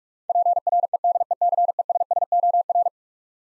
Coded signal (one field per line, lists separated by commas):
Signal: Morse code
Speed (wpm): 41 wpm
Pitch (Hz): 700 Hz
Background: none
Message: PREDECESSOR